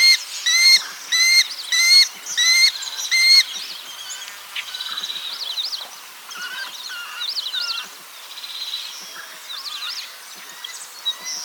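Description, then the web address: Spot-winged falconet calling five sharp, harmonic notes in quick regular succession, followed by a quieter, busy stretch of varied chattering calls. "Druppelvalk Spiziapteryx circumcincta"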